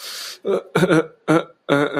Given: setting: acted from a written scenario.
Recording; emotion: vocal sound without words; shame